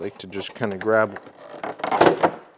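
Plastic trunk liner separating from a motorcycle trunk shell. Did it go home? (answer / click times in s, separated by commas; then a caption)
released / 1.8 s, 2.0 s. With all screws removed, a plastic trunk liner is grabbed and pulled away from the trunk shell of a 2021-or-newer Honda Gold Wing motorcycle while someone talks. Its retaining clips let go with sharp snaps at 1.8 s and 2.0 s, and the liner comes free.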